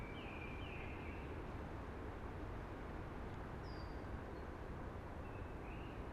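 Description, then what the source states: Eurasian blackbird giving two quick fluted notes, then a pause, a thin high squeak and a soft closing phrase, over steady rushing background noise. Singing early, among conifers that are hushing.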